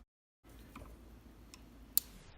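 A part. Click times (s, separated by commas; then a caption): 2.0 s. A Scott Advantage hinge-style archery release is rotated on a release trainer with a D loop until its steel half-moon slides off the edge. A quieter warning click comes first, then the hook snaps open with a sharp, loud click at 1.97 s as the release fires and lets go of the D loop.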